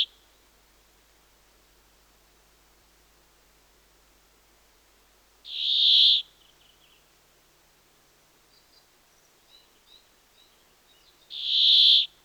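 Brambling song: two long, harsh, wheezing buzzes about six seconds apart, with a few faint short chirps in the quiet gap between them.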